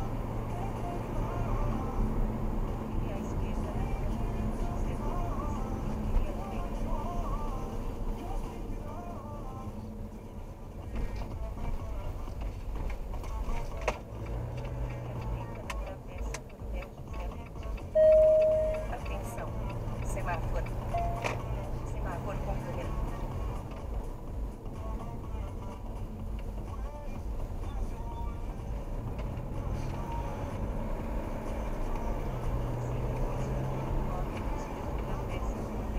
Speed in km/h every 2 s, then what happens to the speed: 49, 47, 45, 34, 31, 15, 15, 19, 20, 21, 28, 30, 27, 24, 27, 34, 43, 45.
0-10 slows to 15. 10-21 speeds up to 30. 27-32 speeds up to 43.